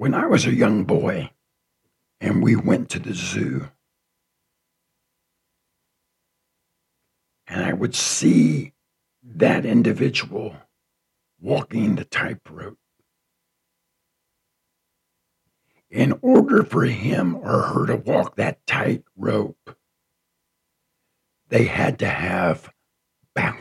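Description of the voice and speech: A low-pitched adult man's voice speaks in short phrases with long pauses, sounding rough, creaky and weak, with little clear ringing tone. This fits a lasting dysphonia, a weak, raspy voice left after cancer.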